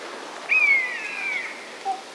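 Buzzard giving a single long mewing call that sags gradually in pitch, followed by a brief faint note, over background hiss.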